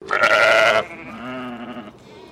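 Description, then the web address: English Leicester sheep bleat: a loud, harsh, quavering baa followed by a longer, lower and softer drawn-out sound. "Sound Effects-Foundation 1 ANIMAL SHEEP ENGLISH LEICESTER BAA"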